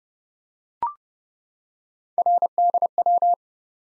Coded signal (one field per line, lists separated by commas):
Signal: Morse code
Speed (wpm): 30 wpm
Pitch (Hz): 700 Hz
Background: none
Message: RDW